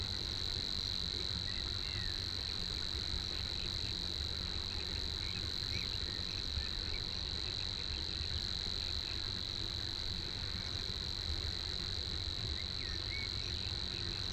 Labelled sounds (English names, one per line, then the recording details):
Savi's Warbler song
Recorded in the wild
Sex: male
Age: adult
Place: Hobrechtsfelder Rieselfelder, Naturpark Barnim, Berlin, DE
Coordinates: 52.6678, 13.4697
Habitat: pond
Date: 2008-04-27
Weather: clear, ca. 10°C, no wind
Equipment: Sound Devices 702, Sennheiser MKH 70, Windkorb
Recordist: Frommolt, Karl-Heinz
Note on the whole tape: Großer Reinigungsteich, mit Schilf bewachsenes Becken: Gesang eines Rohrschwirls. Entfernung ca. 40 m. Tier nicht gesehen